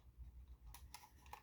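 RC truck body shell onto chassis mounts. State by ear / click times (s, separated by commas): seated / 0.7 s, 0.9 s, 1.3 s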